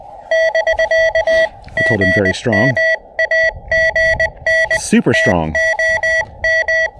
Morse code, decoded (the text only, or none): <BK> GM AGN TOM